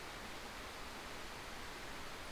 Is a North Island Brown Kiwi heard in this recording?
no